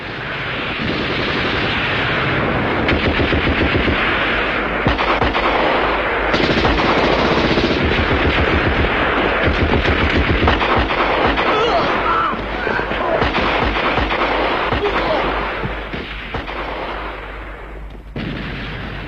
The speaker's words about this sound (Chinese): 当五一反扫荡打得最紧张、最激烈的时候，在滹沱河的下游赵庄，发生了一次地裂山崩的战斗。杀声、喊声、枪声、炮声响成了一锅，从拂晓打到黄昏，从黄昏打到天明，直打得硝烟漫地、火光冲天。